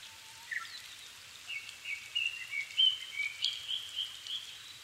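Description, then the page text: Japanese thrush song opens with a brief low whistle, followed by a run of bright, varied high notes over a steady faint hiss. Recorded 7 May 2011 at 17:59, altitude 270 m, with a Sony PCM-D50 and Panasonic WM-61A microphone. "kurotugumi 20110507-1759. Turdus cardis [Sounds -Nikko Today-]"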